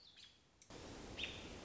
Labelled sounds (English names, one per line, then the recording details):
American Robin
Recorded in Sonoma County, California